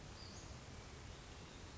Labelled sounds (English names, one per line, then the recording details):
Western Flycatcher
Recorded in Sonoma County, California